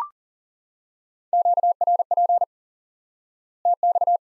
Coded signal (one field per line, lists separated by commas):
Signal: Morse code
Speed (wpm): 40 wpm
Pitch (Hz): 700 Hz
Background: none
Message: QRP TX